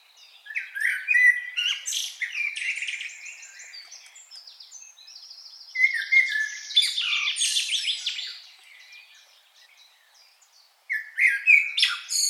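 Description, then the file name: Common blackbird song in three bursts of squeaky whistles and rapid trills, the last starting abruptly after a near-silent gap. "Turdus merula"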